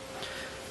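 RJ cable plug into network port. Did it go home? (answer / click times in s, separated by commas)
no / none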